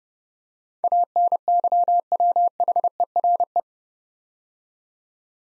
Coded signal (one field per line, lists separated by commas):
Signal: Morse code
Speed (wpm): 30 wpm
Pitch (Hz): 700 Hz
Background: none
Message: ANYWHERE